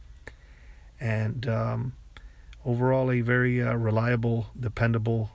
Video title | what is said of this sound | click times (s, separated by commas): F196 (SG900) Drone Review (GearBest) | are no latches or anything like that and they just simply snap back into place like so and | 0.2 s, 0.3 s